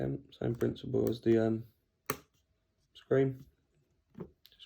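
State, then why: Seated. Someone talks while the battery flex connector of an iPhone 6s is pressed back onto its socket on the phone's logic board, the same way the screen connector went in. A short, sharp click at 4.5 s marks the connector seating.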